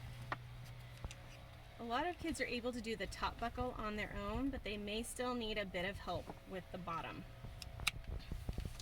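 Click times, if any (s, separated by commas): 7.9 s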